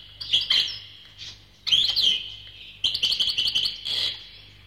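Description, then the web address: Bird chirping in high, rapid bursts of twittering notes with short pauses between phrases. "animali uccelli uccelli birds"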